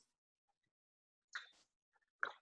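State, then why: Seated. A waistband is installed onto the edges of a scuba BCD's backplate and harness. A short rustling knock at about 1.4 s is followed by a sharp, bright snap at 2.2 s as the waistband seats into place.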